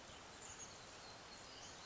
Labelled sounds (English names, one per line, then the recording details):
Western Flycatcher
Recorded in Sonoma County, California